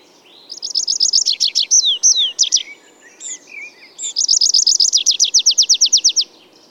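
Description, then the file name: Tree pipit song with a rapid trill of repeated notes, then drawn-out slurred descending whistles, followed by another long series of fast repeated high notes. "Ruud van Beusekom - Lesnoj konyok Anthus trivialis"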